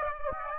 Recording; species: mosquito wingbeat signal from an infrared sensor; Aedes aegypti